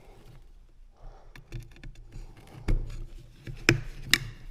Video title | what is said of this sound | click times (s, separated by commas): Installing 9 inch landing gear base with snapPad | and there it is pops right in | 3.7 s, 4.1 s